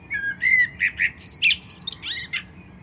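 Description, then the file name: Common blackbird singing a short burst of mellow whistled notes followed by rapid, high, scratchy twittering. "Turdus merula"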